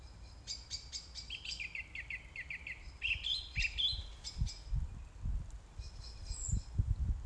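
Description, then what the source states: Song thrush repeating a short note in a fast series, then a louder whistled phrase given several times, with low thumping knocks underneath. Recorded on 4 May 2021 at 20:35.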